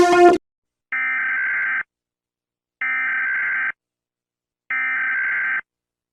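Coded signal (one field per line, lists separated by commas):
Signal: Emergency Alert System (SAME) tones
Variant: header bursts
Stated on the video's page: Animated EAS alarms.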